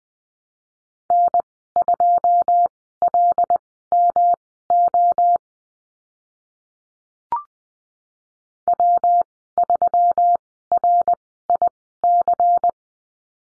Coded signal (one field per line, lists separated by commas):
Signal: Morse code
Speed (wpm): 20 wpm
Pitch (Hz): 700 Hz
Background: none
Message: N2LMO W3RIC